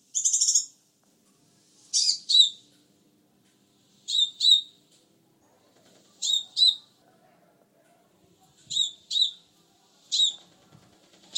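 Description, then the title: Sunbird calls: high paired chirps roughly every two seconds, over faint low background rumble. "kicau kolibri"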